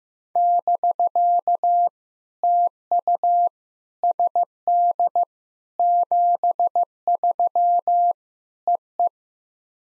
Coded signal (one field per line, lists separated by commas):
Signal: Morse code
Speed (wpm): 15 wpm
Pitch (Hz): 700 Hz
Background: none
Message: <BK> TU SD 73 EE